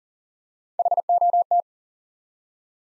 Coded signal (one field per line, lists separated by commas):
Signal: Morse code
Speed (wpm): 42 wpm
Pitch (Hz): 700 Hz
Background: none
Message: HOT